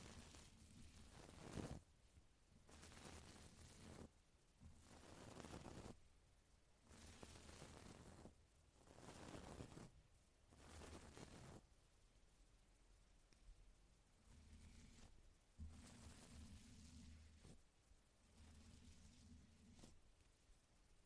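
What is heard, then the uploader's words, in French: A brush sweeps repeatedly across a microphone in bursts of rough, noisy scraping every second or two, with low rumbling thumps and quieter stretches later. ASMR - 30 minutes de brushing. Brushing sur le micro (avec et sans bonnette).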